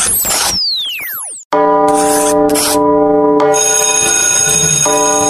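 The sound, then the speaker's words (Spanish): A bell on the radio program Canto Maestro rings loudly with sustained, bright metallic tones and a couple of sharp strikes. It is preceded by a second of swooping, descending sound effects. No voices. “Ya tocó la campana.”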